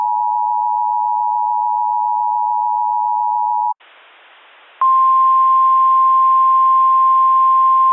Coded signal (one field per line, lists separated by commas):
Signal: Emergency Alert System (SAME) tones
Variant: 853 and 960 Hz attention tone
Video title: EAS Mock: A Long Warning Text [v2]